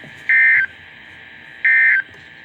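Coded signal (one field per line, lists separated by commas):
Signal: Emergency Alert System (SAME) tones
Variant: end-of-message bursts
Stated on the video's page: EAS capture of a Severe Thunderstorm Warning for two Connecticut counties and one New York county.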